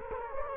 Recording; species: mosquito wingbeat signal from an infrared sensor; Culex quinquefasciatus